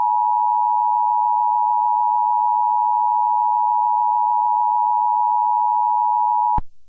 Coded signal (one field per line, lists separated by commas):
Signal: Emergency Alert System (SAME) tones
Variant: 853 and 960 Hz attention tone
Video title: EAS civil danger alert 🚨